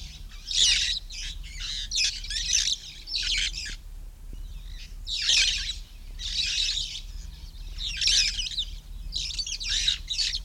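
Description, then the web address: Red-fronted parrot giving harsh, screechy squawks in irregular bursts throughout, with a longer pause midway. "poicephalus gulielmi"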